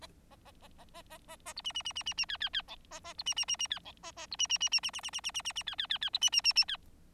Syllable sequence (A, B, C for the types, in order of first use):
A A A A A A A A A B C C C C C C D D D E A A B C C C C D E A A B C C C C C C C C C C C C D D D D B C C C C D